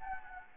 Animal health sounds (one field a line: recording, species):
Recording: mosquito wingbeat signal from an infrared sensor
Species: Anopheles gambiae